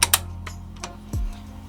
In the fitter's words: push it into here click